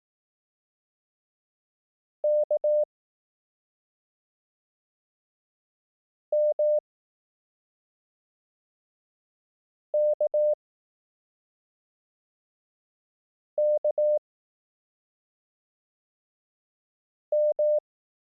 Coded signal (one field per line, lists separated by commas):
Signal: Morse code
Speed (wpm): 18 wpm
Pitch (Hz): 600 Hz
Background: none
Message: K M K K M